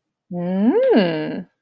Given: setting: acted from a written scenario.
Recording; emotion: vocal sound without words; desire